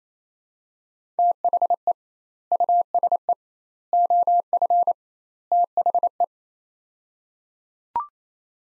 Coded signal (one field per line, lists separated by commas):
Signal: Morse code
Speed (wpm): 28 wpm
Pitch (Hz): 700 Hz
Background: none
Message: THE USE OF THE